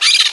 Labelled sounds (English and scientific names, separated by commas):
Brown-throated Parakeet (Eupsittula pertinax) contact call